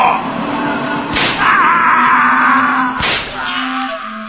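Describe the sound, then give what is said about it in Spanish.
Two sharp, loud whip lashes of a flogging punishment crack about two seconds apart, each a sudden snapping strike over a steady murmuring background with a low sustained hum. “Por cada falta, 3 latigazos.”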